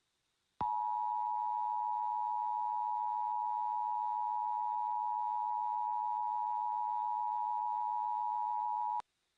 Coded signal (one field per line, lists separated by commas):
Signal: Emergency Alert System (SAME) tones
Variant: 853 and 960 Hz attention tone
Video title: [Fake] EAS Scenario AT-X (Japan,US,South Korea) Shutdown (2025 July 13th)